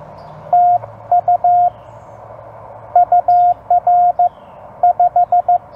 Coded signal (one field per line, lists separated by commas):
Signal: Morse code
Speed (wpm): 15 wpm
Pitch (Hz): 710 Hz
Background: radio noise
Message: TU UR 5